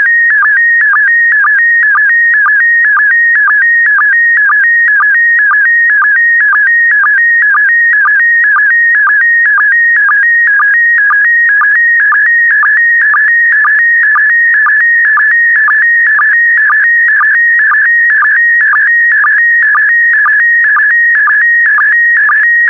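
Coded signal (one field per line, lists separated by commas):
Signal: SSTV (slow-scan television)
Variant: PD120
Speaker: Starting transmission in 5, 4, 3, 2, 1. Transmission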